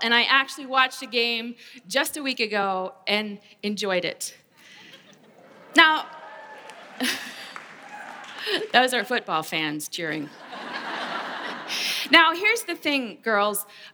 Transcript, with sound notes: I actually watched a game just a week ago... and enjoyed it. (cheering) Those are football fans cheering. Now, here’s the thing girls.